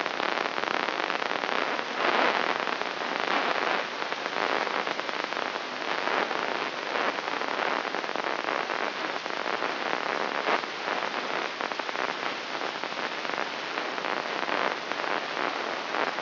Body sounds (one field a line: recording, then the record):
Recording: brain microelectrode recording played as sound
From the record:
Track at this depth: outside the subthalamic nucleus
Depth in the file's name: 1.313 mm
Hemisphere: left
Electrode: 3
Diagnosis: Parkinson's disease